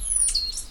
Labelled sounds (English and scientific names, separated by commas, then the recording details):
Stitchbird (Notiomystis cincta) song
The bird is a male
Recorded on Tiritiri Matangi Island, New Zealand, in 2005
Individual 10, of nest box 12